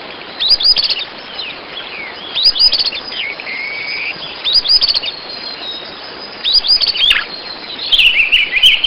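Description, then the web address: Bird calls in short bursts of high, sharp chirps and quick downslurred notes, each burst about two seconds apart, with a thinner trilled phrase near the end over steady background hiss. "BIRD 2015 SABIOD 50 bird 2015"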